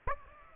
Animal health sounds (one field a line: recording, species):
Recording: mosquito wingbeat signal from an infrared sensor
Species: Aedes aegypti